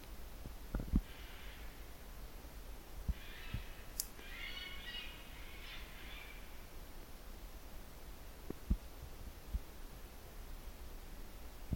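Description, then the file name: Eurasian jay uttering a short rasping screech, then a longer run of harsh, grating calls in the middle, over steady low background noise with occasional knocks. "Garrulus glandarius"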